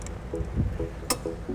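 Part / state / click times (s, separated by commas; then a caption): click-type torque wrench on trailer hitch mounting bolt / torque reached / 1.1 s. A click-type torque wrench tightens a trailer hitch mounting bolt on the frame of a 2006 Toyota RAV4. Over a low rumble and short, repeating mid-pitched hums, a single sharp snap rings out at 1.1 s as the wrench clicks at its set torque.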